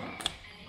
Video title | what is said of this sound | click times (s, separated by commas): Une journée au garage: catadioptres et parallélisme avec @nicolastutos , Franck et des abonnés ! | Et hop, c'est clipsé. | 0.3 s